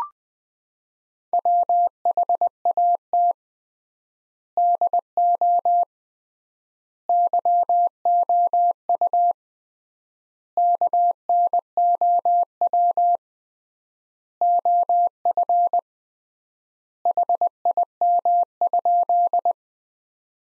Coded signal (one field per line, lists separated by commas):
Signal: Morse code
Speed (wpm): 21 wpm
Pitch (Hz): 700 Hz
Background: none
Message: WHAT DO YOU KNOW OF HIM?